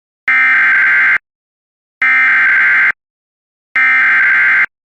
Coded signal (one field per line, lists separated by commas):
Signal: Emergency Alert System (SAME) tones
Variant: header bursts